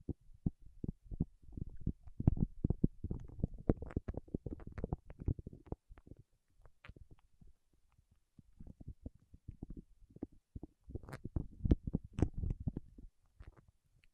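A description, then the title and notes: Fingertips work against wax in a dense run of short, soft crackles and taps, mostly low and muffled with occasional brighter clicks. The activity is busiest in the first six seconds, thins out briefly around seven to eight, then picks up again. ASMR with Wax Fingertips for Sleep (No Talking).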